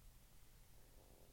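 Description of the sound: A deep, steady, gurgling rumble lasts just over a second, almost entirely in very low pitches with no speech over it. This is stomach growling (borborygmi) in an adult who had not eaten anything that morning, caused by gas and fluid moving through the empty gut.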